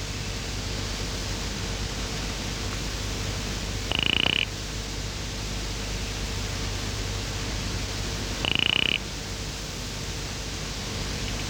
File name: Cophixalus monticola